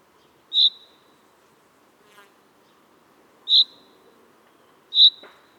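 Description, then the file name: Common chaffinch giving short, sharp high calls, three spaced notes over about five seconds, with a faint low background hum. "Fringilla coelebs"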